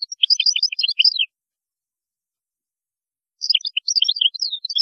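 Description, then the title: European goldfinch giving two short bursts of bright, jumbled twittering notes separated by a couple of seconds of silence. "Chant Chardonneret"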